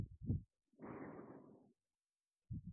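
Soft, low paired heartbeat thumps with a brief rustling swish between them; a calm, ordinary heartbeat.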